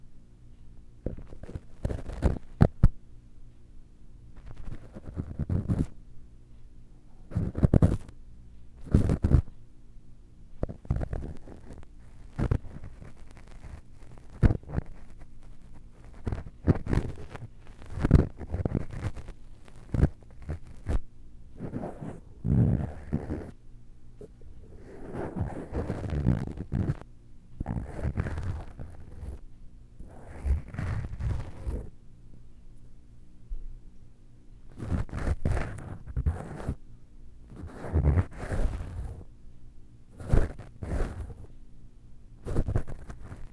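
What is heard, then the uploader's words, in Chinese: Ear cleaning with different tools: muffled scratching, rubbing and crackling come in irregular bursts, often in quick clusters, separated by short quiet gaps. A faint, steady low hum runs underneath throughout. 嘗試用不同工具掏耳朵。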